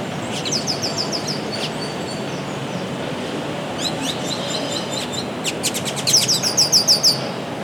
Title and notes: Grabación de vocalizaciones de Quiscalus lugubris (tordo negro) en la calle 45, entre el cementerio San Esteban y la avenida Santander en Manizales. Esta es una calle llena de árboles donde una cantidad considerable de tordos reside. La grabación fue hecha el 30 de mayo del año 2023, a las 8:34 a.m.